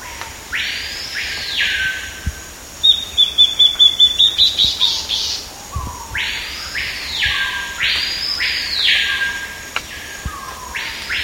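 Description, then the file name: Bird calls: broad, harsh, arched rasping notes sweeping high, plus a rapid run of about ten sharp ticking notes in the middle, with soft lower notes between. "SABIOD 50 bird 2015"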